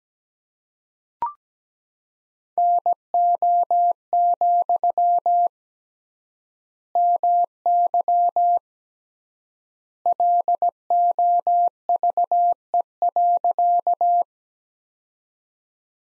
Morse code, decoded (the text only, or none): NO, MY LOVE.